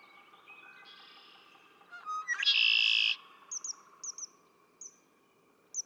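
Red-winged blackbird song: soft whistled intro notes and clicks build into a harsh buzzy trill, followed by several short, high, sharp chip notes.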